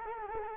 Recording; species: mosquito wingbeat signal from an infrared sensor; Culex quinquefasciatus